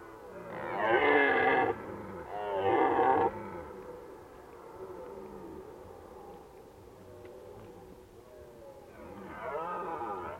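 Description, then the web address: Red deer giving two strong, hoarse roars in quick succession, then a quieter stretch and one more roar near the end. Recorded in Valsolda. "cibra valsolda. Cervo"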